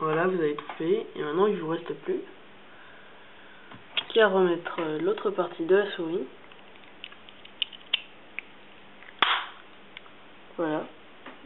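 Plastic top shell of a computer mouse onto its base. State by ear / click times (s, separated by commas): seated / 9.2 s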